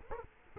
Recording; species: mosquito wingbeat signal from an infrared sensor; Culex quinquefasciatus